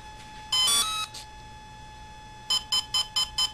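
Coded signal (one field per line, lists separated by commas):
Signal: beep code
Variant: Volcano 30A brushless ESC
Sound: brief multi-tone electronic chirp, pause, then a fast repeating beep, about five beeps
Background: steady faint electronic hum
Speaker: you hear that fast beat okay that fast feet's not going to go away until you lower that throttle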